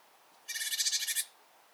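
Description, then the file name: Eurasian blue tit giving a single buzzy, rattling churr of about ten rapid pulses lasting under a second, in an otherwise quiet setting. "Cyanistes caeruleus"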